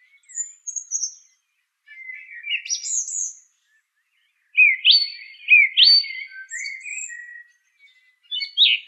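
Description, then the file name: Song thrush song: varied whistled phrases and rapid chattering notes, delivered in bursts with gaps. "suara kicauan burung song thrush. omkicau"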